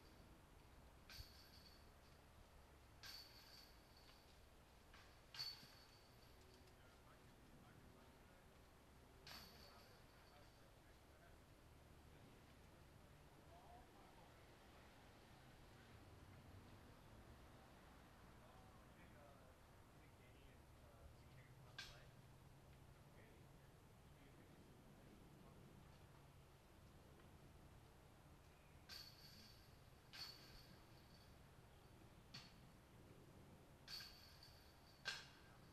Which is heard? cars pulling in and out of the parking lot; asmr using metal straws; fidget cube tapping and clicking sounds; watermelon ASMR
cars pulling in and out of the parking lot